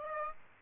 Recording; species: mosquito wingbeat signal from an infrared sensor; Aedes aegypti